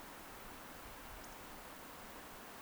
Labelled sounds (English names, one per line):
Eurasian Woodcock whistle